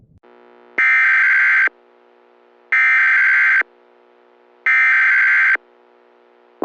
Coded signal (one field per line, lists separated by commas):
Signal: Emergency Alert System (SAME) tones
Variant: header bursts